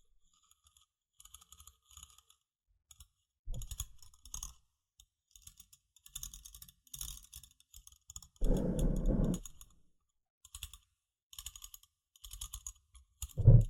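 Irregular tapping in short clustered bursts, with a dense scratching rub around eight to nine seconds and a louder thump near the end.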